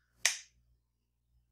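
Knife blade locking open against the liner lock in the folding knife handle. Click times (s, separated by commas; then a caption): 0.3 s. A CRKT Delta full-size tactical folding knife has its blade flicked open, and the thick steel liner lock snaps into place behind the blade in the handle. One sharp click sounds at 0.3 s and decays quickly into near silence. The blade is confirmed locked open at full lockup.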